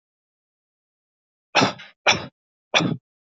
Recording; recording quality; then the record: shallow voluntary cough; excellent, no background noise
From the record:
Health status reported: healthy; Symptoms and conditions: none ticked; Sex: male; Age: 22 years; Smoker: not ticked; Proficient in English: yes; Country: India